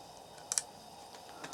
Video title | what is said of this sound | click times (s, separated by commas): Sporter Stock for my Mauser K 98 | Get it snapped into place. | 0.5 s, 0.6 s